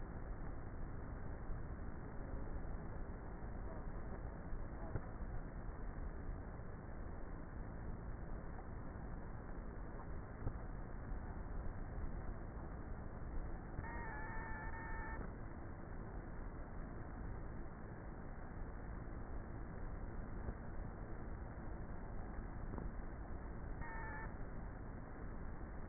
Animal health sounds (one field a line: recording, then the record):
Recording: honeybee colony, microphone inside the hive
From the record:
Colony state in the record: queenless with a low population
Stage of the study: before two queens were removed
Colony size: about 30,000 bees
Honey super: no